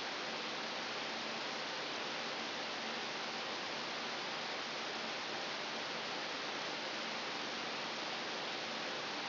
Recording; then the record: brain microelectrode recording played as sound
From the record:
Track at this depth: inside the subthalamic nucleus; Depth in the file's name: 1.352 mm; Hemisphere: right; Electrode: 3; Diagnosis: Parkinson's disease